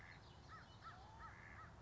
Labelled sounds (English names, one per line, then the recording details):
American Crow
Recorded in Sonoma County, California